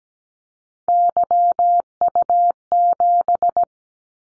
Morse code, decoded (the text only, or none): YU7